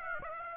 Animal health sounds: mosquito wingbeat signal from an infrared sensor; Aedes aegypti

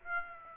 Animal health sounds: mosquito wingbeat signal from an infrared sensor; Aedes aegypti

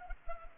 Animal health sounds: mosquito wingbeat signal from an infrared sensor; Culex pipiens

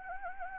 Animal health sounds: mosquito wingbeat signal from an infrared sensor; Anopheles gambiae

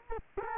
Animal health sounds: mosquito wingbeat signal from an infrared sensor; Culex quinquefasciatus

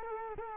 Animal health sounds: mosquito wingbeat signal from an infrared sensor; Culex quinquefasciatus

